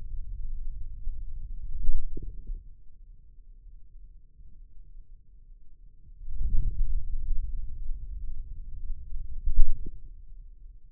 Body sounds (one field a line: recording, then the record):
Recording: forearm muscle sounds (acoustic myography)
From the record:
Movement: wrist flexion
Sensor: system 2, bracelet of six BSWA MPA416 microphones around the upper forearm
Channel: 4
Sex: male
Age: 22 years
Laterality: right